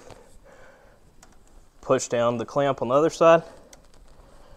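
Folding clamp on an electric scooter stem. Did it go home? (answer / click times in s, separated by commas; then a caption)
yes / 3.7 s. A metal folding clamp on the stem of a Hiley Tiger 10 Pro electric scooter is pushed down after the folded stem has been lifted and auto-locked upright. Someone talks, and right after, a sharp hit at 3.7 s marks the clamp snapping shut and seating.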